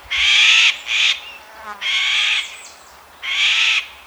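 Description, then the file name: Eurasian jay giving hoarse screeching calls, four rough bursts in about four seconds. "Garrulus glandarius"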